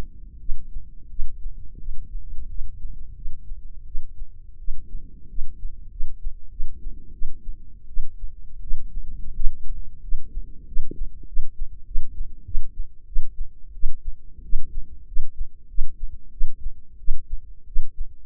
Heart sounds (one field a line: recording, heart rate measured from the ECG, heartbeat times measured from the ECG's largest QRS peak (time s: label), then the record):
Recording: heart sounds by microphone in the left ear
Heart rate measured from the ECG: 90 bpm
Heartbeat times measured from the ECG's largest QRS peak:
0.37 s: heartbeat
1.07 s: heartbeat
1.77 s: heartbeat
2.47 s: heartbeat
3.14 s: heartbeat
3.84 s: heartbeat
4.57 s: heartbeat
5.28 s: heartbeat
5.89 s: heartbeat
6.49 s: heartbeat
7.12 s: heartbeat
7.87 s: heartbeat
8.61 s: heartbeat
9.34 s: heartbeat
10.01 s: heartbeat
10.65 s: heartbeat
11.26 s: heartbeat
11.85 s: heartbeat
12.44 s: heartbeat
13.06 s: heartbeat
13.73 s: heartbeat
14.42 s: heartbeat
15.05 s: heartbeat
15.68 s: heartbeat
16.31 s: heartbeat
16.98 s: heartbeat
17.66 s: heartbeat
From the record:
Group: healthy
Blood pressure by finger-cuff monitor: 107/64 mmHg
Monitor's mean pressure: 79 mmHg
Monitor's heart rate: 88 bpm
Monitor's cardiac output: 7.6 L/min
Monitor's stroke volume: 84 mL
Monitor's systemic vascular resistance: 770 dyn s/cm5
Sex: female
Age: 22 years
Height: 157 cm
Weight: 47.6 kg